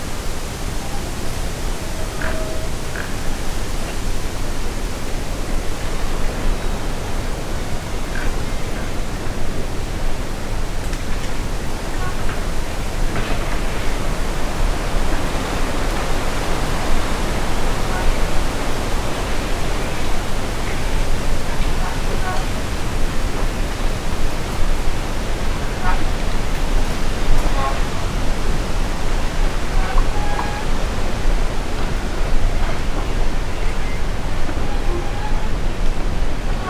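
Wind whispering through trees makes a steady, dense rushing hiss throughout, with faint brief ticks and tones scattered lightly in the background.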